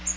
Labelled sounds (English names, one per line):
Bay-breasted Warbler flight call